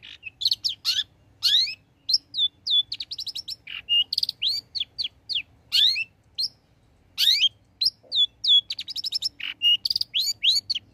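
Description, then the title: Long-tailed shrike song: fast, varied high phrases of upslurred and downslurred whistles mixed with quick chattering bursts, with short pauses between phrases. Bird described as singing actively (gacor); recording made as tutor song (masteran) for training songbirds. "Cendet Gacor Cocok Untuk Masteran"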